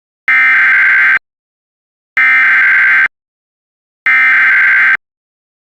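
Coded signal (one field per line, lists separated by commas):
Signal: Emergency Alert System (SAME) tones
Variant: header bursts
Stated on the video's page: Mock EAS alert for an arson event using valid tones.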